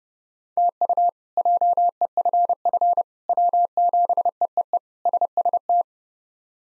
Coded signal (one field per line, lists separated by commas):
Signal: Morse code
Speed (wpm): 30 wpm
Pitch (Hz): 700 Hz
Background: none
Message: TU JEFF W7EEE SST